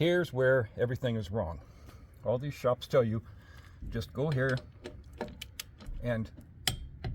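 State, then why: Torque reached. A click-type torque wrench set to 55 ft-lb is pulled on a steel RV trailer lug nut while someone talks. After several light ticks, the wrench breaks over with one sharp click at 6.7 s, showing the nut is at 55 ft-lb.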